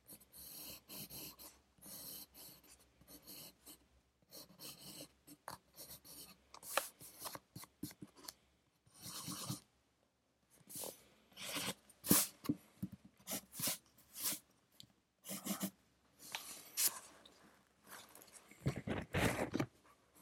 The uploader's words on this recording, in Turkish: Sessiz odada 60 dakika boyunca kurşun kalem ile ders çalışma; ortam sesleri, beyaz gürültü alt yapısı. Ev, kütüphane çalışmaları ortam sesi.